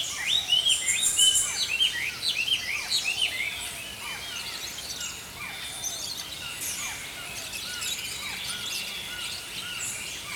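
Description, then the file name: Songbirds in a dense chorus of fast chirps and short downslurred whistles, loudest at first, then softer and steadier. Songbirds singing in the early morning. "Healing Power Natural Sounds Oasis - Early Morning Songbirds"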